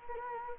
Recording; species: mosquito wingbeat signal from an infrared sensor; Anopheles gambiae